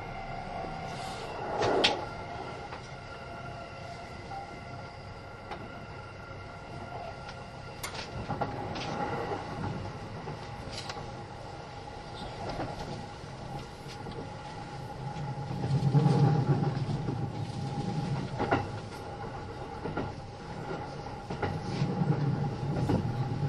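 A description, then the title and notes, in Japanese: A Kintetsu 80000 series Hinotori limited express runs along with a steady low rumble and a constant whining hum. Sharp clacks from the rails land every few seconds, and the rumble swells louder around the middle and again near the end. 近鉄80000系 (10番台日立製)ひのとり3113レ 01/01:近鉄名古屋～五十鈴川。Vehicles in the 10th series are equipped with Hitachi equipment in the control device and traction motor.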